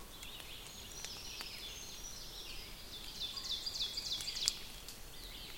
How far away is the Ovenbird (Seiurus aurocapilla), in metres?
about 80 m